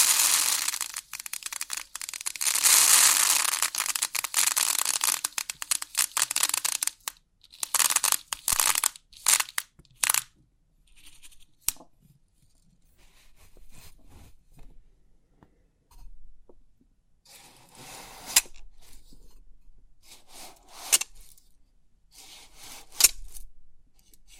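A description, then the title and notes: Crisp pin art tingles: a dense, bright rush of tiny metallic clicks and rattles fills the first seven seconds. After that the sound breaks into short, scattered bursts with silent gaps, then returns in looser clusters of light clicking near the end. Crisp 3D Pin Art Tingles(No Talking).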